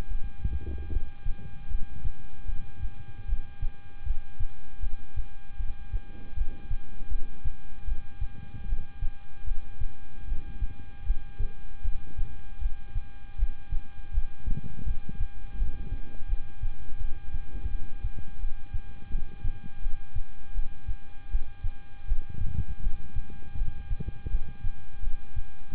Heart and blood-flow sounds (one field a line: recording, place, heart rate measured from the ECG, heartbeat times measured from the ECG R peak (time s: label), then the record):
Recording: heart sounds by stethoscope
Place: between the tricuspid and mitral areas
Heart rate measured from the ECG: 80 bpm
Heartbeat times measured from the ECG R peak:
0.08 s: heartbeat
0.90 s: heartbeat
1.68 s: heartbeat
2.46 s: heartbeat
3.26 s: heartbeat
4.04 s: heartbeat
4.80 s: heartbeat
5.57 s: heartbeat
6.34 s: heartbeat
7.09 s: heartbeat
7.85 s: heartbeat
8.66 s: heartbeat
9.45 s: heartbeat
10.25 s: heartbeat
11.04 s: heartbeat
11.82 s: heartbeat
12.59 s: heartbeat
13.36 s: heartbeat
14.11 s: heartbeat
14.84 s: heartbeat
15.56 s: heartbeat
16.27 s: heartbeat
16.98 s: heartbeat
17.69 s: heartbeat
18.38 s: heartbeat
19.09 s: heartbeat
19.80 s: heartbeat
20.53 s: heartbeat
21.29 s: heartbeat
22.06 s: heartbeat
22.80 s: heartbeat
23.55 s: heartbeat
24.28 s: heartbeat
25.01 s: heartbeat
25.74 s: heartbeat
From the record:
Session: rest, lying down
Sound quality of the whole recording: good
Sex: male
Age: 26 years